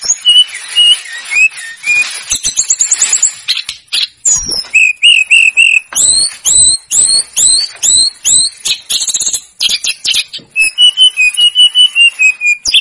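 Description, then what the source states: Snowy-browed flycatcher song: high, thin whistled phrases mixed with fast trills and chips, changing pattern throughout, with sharp clicks between notes. Masteran recording for training cage birds; local names tledekan gunung and sikatan gunung.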